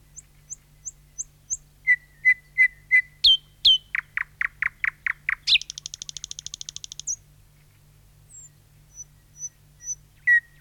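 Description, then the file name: Thrush nightingale song: high thin whistles, a run of repeated clucking notes, then a fast dry rattle and further whistles, over a faint low hum. "satakieli"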